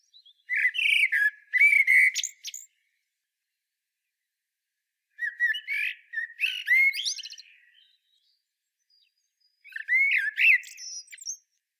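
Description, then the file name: Common blackbird delivering three warbling song phrases, mellow whistles mixed with squeaky high notes, spaced by silent breaks of a few seconds. "Turdus merula"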